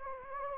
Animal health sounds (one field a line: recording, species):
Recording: mosquito wingbeat signal from an infrared sensor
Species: Anopheles gambiae